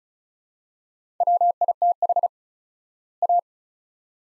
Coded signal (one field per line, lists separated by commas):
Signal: Morse code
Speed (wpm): 36 wpm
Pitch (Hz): 700 Hz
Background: none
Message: WITH A